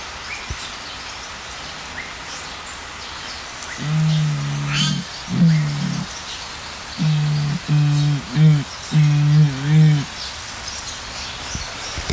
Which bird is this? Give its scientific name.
Crax fasciolata